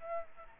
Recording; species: mosquito wingbeat signal from an infrared sensor; Aedes aegypti